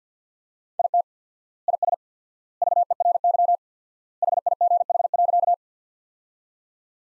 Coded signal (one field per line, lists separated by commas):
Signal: Morse code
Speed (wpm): 50 wpm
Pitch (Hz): 700 Hz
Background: none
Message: IT IS VERY HIGH.